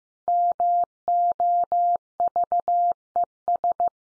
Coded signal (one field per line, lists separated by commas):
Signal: Morse code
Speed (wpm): 15 wpm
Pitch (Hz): 700 Hz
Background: none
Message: MOVES